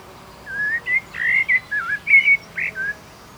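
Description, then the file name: Common blackbird delivering a rich, flutey warbled phrase of about seven linked notes, slurring up and down, with a few brighter squeaky touches; quiet background. "Turdus merula"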